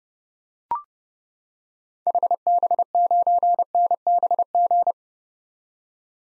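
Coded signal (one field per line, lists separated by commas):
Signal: Morse code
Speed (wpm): 30 wpm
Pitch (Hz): 700 Hz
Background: none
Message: HB9NBG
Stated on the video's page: Most common early-2023 SOTA activator call signs sent at 30 wpm for head-copy drill, each sent, spoken, then sent again.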